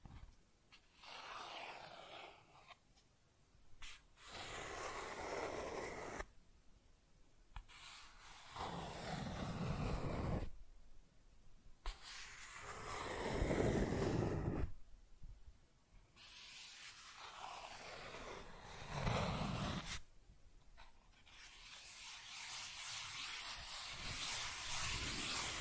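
Cardboard being scratched, traced and torn in a series of rough, gritty bursts a few seconds long, separated by brief pauses. Some passages are raspy and bright; others carry a deeper, crunchy rumble, growing fuller toward the end.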